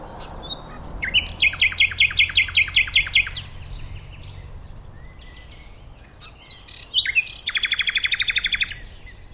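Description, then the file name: Common nightingale song with two bursts of fast repeated notes, the first a rattling series, the second a tight rapid trill after a pause. "Luscinia megarhynchos"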